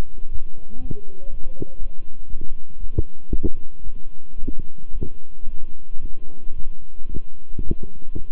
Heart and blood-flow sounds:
heart sounds by stethoscope; between the tricuspid and mitral areas; 114 bpm
0.30 s: heartbeat
0.80 s: heartbeat
1.29 s: heartbeat
1.78 s: heartbeat
2.28 s: heartbeat
2.78 s: heartbeat
3.30 s: heartbeat
3.82 s: heartbeat
4.36 s: heartbeat
4.91 s: heartbeat
5.44 s: heartbeat
5.99 s: heartbeat
6.54 s: heartbeat
7.08 s: heartbeat
7.62 s: heartbeat
8.17 s: heartbeat
From the record:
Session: walking at 3.7 km/h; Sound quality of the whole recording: good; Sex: male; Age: 26 years

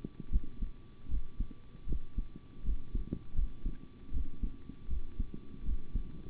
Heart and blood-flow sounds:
heart sounds by stethoscope; between the tricuspid and mitral areas; 79 bpm
0.30 s: heartbeat
1.08 s: heartbeat
1.86 s: heartbeat
2.63 s: heartbeat
3.34 s: heartbeat
4.11 s: heartbeat
4.88 s: heartbeat
5.64 s: heartbeat
From the record:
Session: rest, sitting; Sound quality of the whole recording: good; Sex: male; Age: 25 years

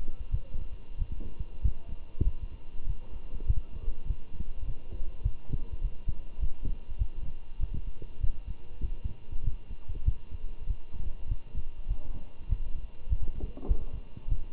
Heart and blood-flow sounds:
heart sounds by stethoscope; between the tricuspid and mitral areas; 99 bpm
0.32 s: heartbeat
0.99 s: heartbeat
1.62 s: heartbeat
2.25 s: heartbeat
2.87 s: heartbeat
3.47 s: heartbeat
4.07 s: heartbeat
4.66 s: heartbeat
5.24 s: heartbeat
5.82 s: heartbeat
6.41 s: heartbeat
6.99 s: heartbeat
7.60 s: heartbeat
8.21 s: heartbeat
8.82 s: heartbeat
9.44 s: heartbeat
10.06 s: heartbeat
10.67 s: heartbeat
11.29 s: heartbeat
11.89 s: heartbeat
12.49 s: heartbeat
13.10 s: heartbeat
13.69 s: heartbeat
14.28 s: heartbeat
From the record:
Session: walking at 3.7 km/h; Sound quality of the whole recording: good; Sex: male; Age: 23 years

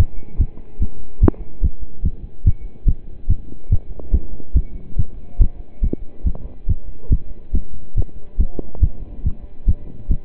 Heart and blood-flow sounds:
heart sounds by stethoscope; between the tricuspid and mitral areas; 142 bpm
0.39 s: heartbeat
0.80 s: heartbeat
1.21 s: heartbeat
1.63 s: heartbeat
2.04 s: heartbeat
2.45 s: heartbeat
2.87 s: heartbeat
3.29 s: heartbeat
3.70 s: heartbeat
4.13 s: heartbeat
4.55 s: heartbeat
4.98 s: heartbeat
5.40 s: heartbeat
5.83 s: heartbeat
6.25 s: heartbeat
6.68 s: heartbeat
7.11 s: heartbeat
7.54 s: heartbeat
7.96 s: heartbeat
8.39 s: heartbeat
8.82 s: heartbeat
9.24 s: heartbeat
9.67 s: heartbeat
10.10 s: heartbeat
From the record:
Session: pedaling a stationary bicycle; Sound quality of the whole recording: partially saturated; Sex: male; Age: 27 years

